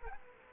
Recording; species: mosquito wingbeat signal from an infrared sensor; Culex quinquefasciatus